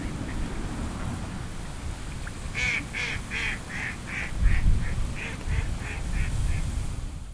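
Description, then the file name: Mallard quacking: a rapid series of several nasal quacks over a heavy low rumble. "magamo"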